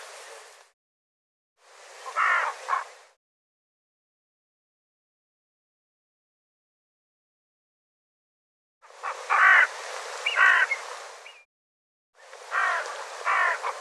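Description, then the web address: Bird uttering harsh, hoarse calls in short bursts of one or two notes, separated by stretches of complete silence. "cianscape birddata Deverinetal 2025 File cleaned normalized Bird"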